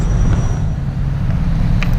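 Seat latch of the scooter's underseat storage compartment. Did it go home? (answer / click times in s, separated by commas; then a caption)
released / 1.8 s. With the key centered in the ignition of a Microbike EXO150 scooter, the seat is pressed down to release the latch of the underseat storage compartment over a steady low rumble. A sharp click at 1.8 s marks the seat latch popping open, so the compartment is released and can now be opened.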